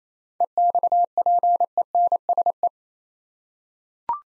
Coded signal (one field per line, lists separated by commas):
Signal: Morse code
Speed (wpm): 27 wpm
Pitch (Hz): 700 Hz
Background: none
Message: EXPENSE